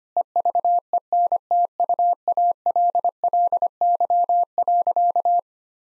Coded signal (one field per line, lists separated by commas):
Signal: Morse code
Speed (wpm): 25 wpm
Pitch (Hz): 700 Hz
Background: none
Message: EVENTUALLY.